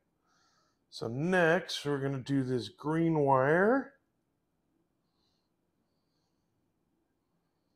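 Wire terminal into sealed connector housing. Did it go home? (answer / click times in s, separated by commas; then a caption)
no / none. A green wire's terminal is handled and lined up with a connector cavity before being pushed into a sealed DT connector housing on a 1982 Mustang harness. Someone talks from about 0.9 to 4.0 seconds, then near silence follows. Nothing has seated or clicked yet.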